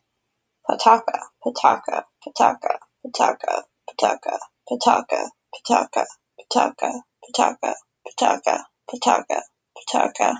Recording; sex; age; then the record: repeated syllables /pa ta ka/; female; 20 to 29 years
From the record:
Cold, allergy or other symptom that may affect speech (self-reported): no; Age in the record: 25 years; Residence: Massachusetts, United States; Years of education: 12